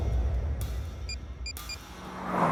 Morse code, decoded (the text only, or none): none